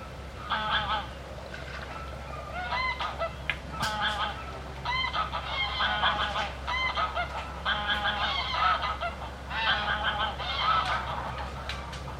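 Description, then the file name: Goose: many geese honking in overlapping bursts, nasal calls stacked into a flock chorus. Recorded at the Łężczok nature reserve. "rezerwat lezczok gesi i labedzie i spadajace zoledzie"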